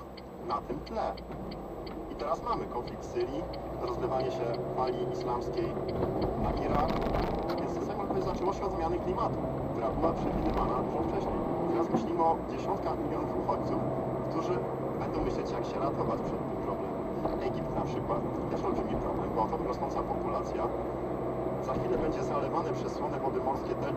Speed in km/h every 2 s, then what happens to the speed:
0, 11, 18, 22, 31, 41, 46, 46, 44, 41, 41, 42.
1-11 pulls away to 46. 11-24 steady at about 42.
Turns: none.